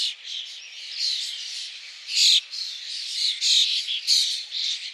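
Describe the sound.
Bird calling in a dense, continuous stream of high chattering and squeaky notes, with a few louder sharp chirps standing out.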